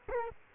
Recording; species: mosquito wingbeat signal from an infrared sensor; Culex quinquefasciatus